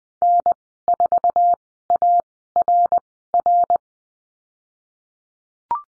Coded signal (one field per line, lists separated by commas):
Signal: Morse code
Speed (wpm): 20 wpm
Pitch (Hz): 700 Hz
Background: none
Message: N4ARR